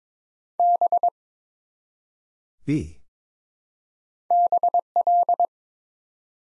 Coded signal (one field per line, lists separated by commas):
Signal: Morse code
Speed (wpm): 23 wpm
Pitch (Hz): 700 Hz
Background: none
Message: B BL